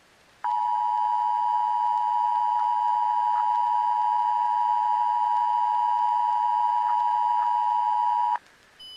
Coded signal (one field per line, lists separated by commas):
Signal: Emergency Alert System (SAME) tones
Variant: 853 and 960 Hz attention tone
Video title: (RECOVERED EAS RECORDINGS) Drowning In Pittsburgh